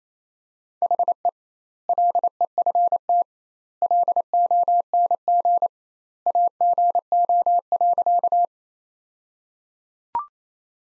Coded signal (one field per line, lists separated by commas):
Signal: Morse code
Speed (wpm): 28 wpm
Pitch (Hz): 700 Hz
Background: none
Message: HE LEFT LONG AGO.